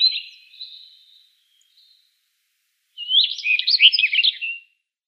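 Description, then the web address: Rustic Bunting song: the fading tail of one phrase, then a full, clear warbling phrase of quick rising and falling notes. "Schulze Peter Rustic Bunting song"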